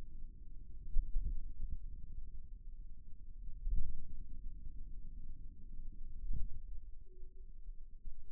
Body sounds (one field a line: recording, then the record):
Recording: forearm muscle sounds (acoustic myography)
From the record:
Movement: finger pinch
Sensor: system 2, bracelet of six BSWA MPA416 microphones around the upper forearm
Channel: 3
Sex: male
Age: 22 years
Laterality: right